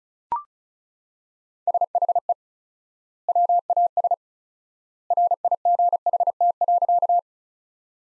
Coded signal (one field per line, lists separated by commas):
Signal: Morse code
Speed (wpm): 36 wpm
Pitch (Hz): 700 Hz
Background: none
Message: SHE WAS RIGHT.